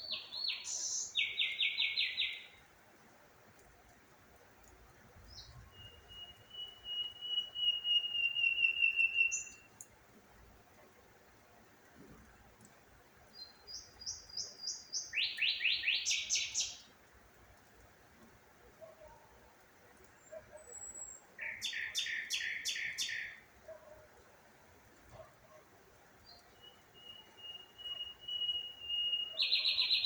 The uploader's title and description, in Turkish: DOĞA SESLERİ. Kuş Sesleri